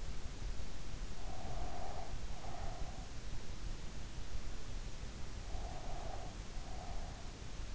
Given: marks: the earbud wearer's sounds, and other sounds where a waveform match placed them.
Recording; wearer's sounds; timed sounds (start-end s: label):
sounds in sleep by an in-ear microphone; breath
1.22-3.04 s: breath
5.52-7.42 s: breath